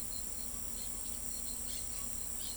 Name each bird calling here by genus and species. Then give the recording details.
none. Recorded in pastures near Pivijay, Magdalena, Colombia, on 3 June 2023 at 06:30. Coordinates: 10.456, -74.369. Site P6-G026